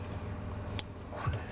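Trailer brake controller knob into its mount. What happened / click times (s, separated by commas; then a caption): The plastic part clipped into its mount / 0.8 s. A Redarc Tow-Pro Elite trailer brake controller head (knob) is clipped into its mount in a 2011 Ford van after its plastic nut has been tightened with a 12 mm socket. A single sharp click at 0.8 s marks the head seating, followed by a much softer tick near 1.3 s over a low background hum. The controller head is clipped in and seated.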